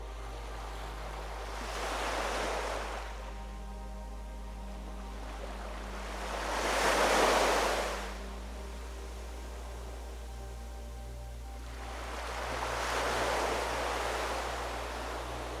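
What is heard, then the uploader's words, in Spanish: Ocean waves roll in as three soft swells, cresting around two, seven and thirteen seconds, each a gentle rush of hissing water that rises and fades. Between them a steady low hum and faint sustained tones hold underneath, calm and unchanging. El sonido cautivador de las olas oceánicas. Sonido de las OLAS y una MELODÍA Relajante.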